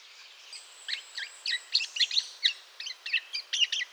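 Eurasian golden oriole calls: a series of short, harsh, scratchy notes repeated several times a second, over faint background hiss.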